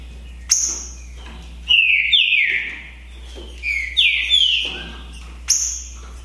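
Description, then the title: Green-winged saltator singing rich whistled slurs in two bursts, with sharp high notes opening and closing the passage. Song contest (disputa) between trinca-ferro birds Naval and Demolidor, 2022 season; birds calling, singing and showing male display behaviour (macheando). "TRINCA Piando, Cantando E Macheando Na DISPUTA. DISPUTA DE TRINCA FERRO NAVAL VS DEMOLIDOR 2022! TEMPORADA 2022!"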